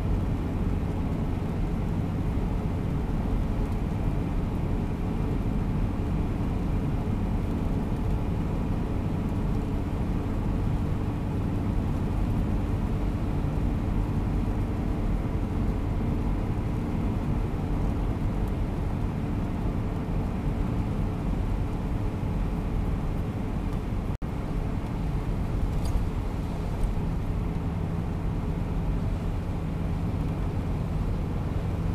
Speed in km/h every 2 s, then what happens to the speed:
91, 92, 92, 93, 94, 94, 95, 95, 95, 95, 94, 93, 93, 90, 89, 87.
0-32 steady at about 93.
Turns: none.